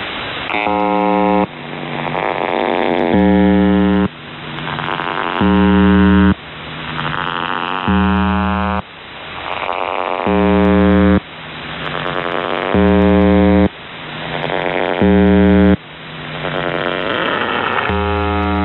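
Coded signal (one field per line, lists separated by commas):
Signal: channel marker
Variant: UVB-76 (The Buzzer)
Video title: The Buzzer/UVB-76(4625Khz) April 10th, 2023 Voice messages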